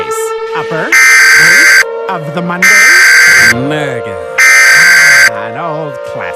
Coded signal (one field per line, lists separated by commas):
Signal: Emergency Alert System (SAME) tones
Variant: header bursts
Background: speech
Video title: EAS Mock - The Tornadic hijacking